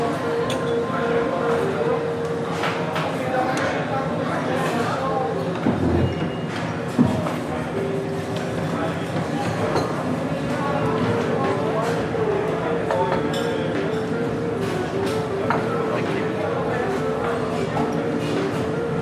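Café ambience with a steady, dense murmur of overlapping voices throughout. Short clattering knocks and clinks scatter across the whole stretch, with a busier cluster of sharper rattles around six to seven seconds, over a constant low hum underneath.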